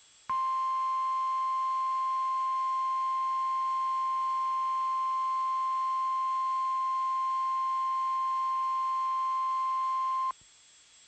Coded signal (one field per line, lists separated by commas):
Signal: Emergency Alert System (SAME) tones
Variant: 1050 Hz attention tone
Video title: EAS TORNADO WARNING REPLACEMENT AL.